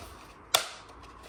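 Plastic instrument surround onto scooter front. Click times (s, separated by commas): 0.5 s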